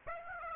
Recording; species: mosquito wingbeat signal from an infrared sensor; Aedes aegypti